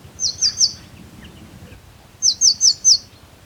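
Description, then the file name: Eurasian blue tit giving high, quick downslurred notes: a run of three, a short pause, then a run of four. "Cyanistes caeruleus"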